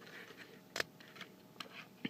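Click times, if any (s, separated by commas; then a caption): 0.8 s. A plastic limb joint on a Fansproject CA-09 Car Crash transforming robot toy is pushed to where it naturally stops, then snapped up the last bit with a thumb so it locks, since that tiny difference matters when pegging the toy together in car mode. A sharp plastic snap at 0.8 s marks the joint seating in its locked position, followed by quieter handling clicks around 1.6 s and 2.1 s.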